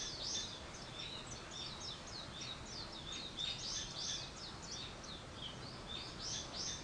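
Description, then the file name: Bird calling in rapid high chirps, some louder, fuller notes standing out, repeated about three a second against background hiss. Wild birds; 21 April 2023. "wild-bird 230421"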